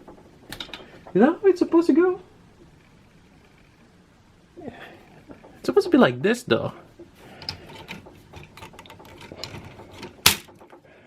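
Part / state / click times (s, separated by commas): plastic door panel into action figure body / seated / 10.3 s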